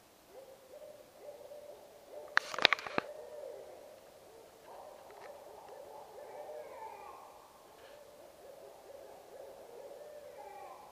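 A barred owl hoots repeatedly in low, wavering calls throughout, with a sharp burst of clicks or knocks around two seconds in.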